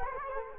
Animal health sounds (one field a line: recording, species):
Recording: mosquito wingbeat signal from an infrared sensor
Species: Culex quinquefasciatus